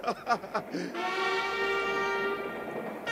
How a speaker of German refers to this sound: Der Zug! Aufpassen!